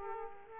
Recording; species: mosquito wingbeat signal from an infrared sensor; Aedes aegypti